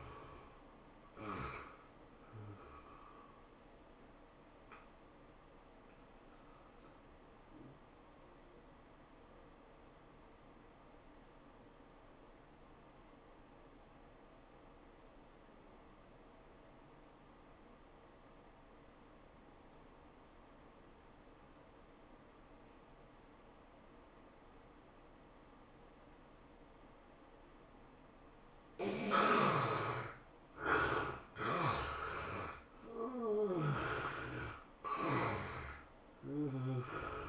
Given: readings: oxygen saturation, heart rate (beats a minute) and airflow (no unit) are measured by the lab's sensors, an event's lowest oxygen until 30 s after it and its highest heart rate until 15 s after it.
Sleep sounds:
breathing in sleep by a voice recorder at the bedside; 1
5.00-28.40 s: obstructive apnea (N1, oxygen 97% highest, then 71% lowest, heart rate 104 at the start, 107 highest)
From the record:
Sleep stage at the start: N1 (lightest sleep); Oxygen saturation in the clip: 72 to 97%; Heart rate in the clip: 82 to 107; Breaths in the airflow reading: 5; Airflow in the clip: -15.2 to 14.6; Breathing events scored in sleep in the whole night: 403 in 5.5 hours asleep

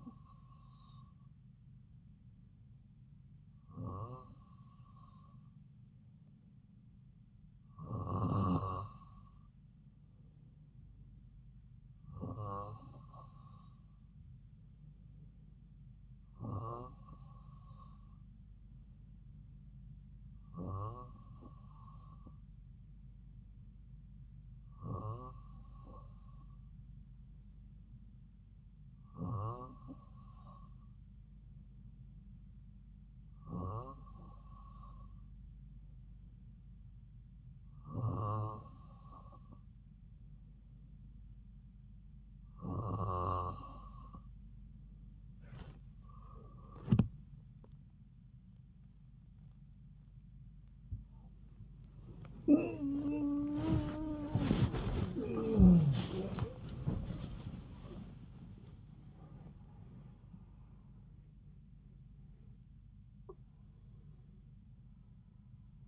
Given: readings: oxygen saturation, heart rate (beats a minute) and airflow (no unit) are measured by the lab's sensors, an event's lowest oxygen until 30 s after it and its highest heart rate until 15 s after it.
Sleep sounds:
breathing in sleep by a smartphone at the bedside; 1
33.00-57.80 s: hypopnea (N2, oxygen 95% highest, then 95% lowest)
39.00-65.88 s: new sleep stage, N1 (lightest sleep)
From the record:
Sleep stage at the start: N2 (light sleep); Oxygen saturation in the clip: 94 to 95%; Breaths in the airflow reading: 15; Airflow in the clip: -10.2 to 10.3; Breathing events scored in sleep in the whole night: 270 in 6.1 hours asleep

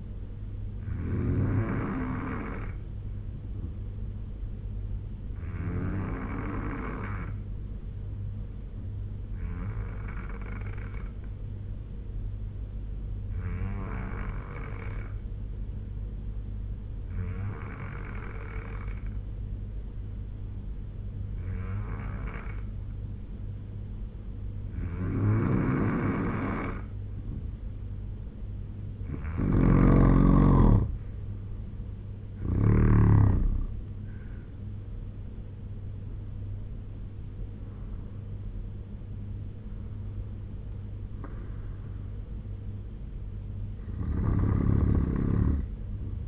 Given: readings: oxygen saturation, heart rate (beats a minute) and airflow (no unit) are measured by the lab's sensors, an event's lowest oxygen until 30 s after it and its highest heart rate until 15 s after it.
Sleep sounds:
breathing in sleep by a smartphone at the bedside; 1
10.00-27.60 s: hypopnea (N2, oxygen 90% highest, then 84% lowest, heart rate 71 at the start, 85 highest)
From the record:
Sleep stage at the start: N2 (light sleep); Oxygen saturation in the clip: 84 to 90%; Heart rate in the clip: 71 to 85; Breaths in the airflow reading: 12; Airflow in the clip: -8.0 to 10.5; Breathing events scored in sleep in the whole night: 201 in 6.5 hours asleep

